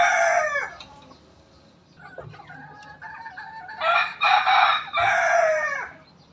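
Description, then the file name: Rooster crows: one crow fading at the start, a thin wavering call in the middle, then a loud two-part hoarse crow ending in a falling slur. Bangkok breed rooster, crowing. "suara ayam bangkok berkokok"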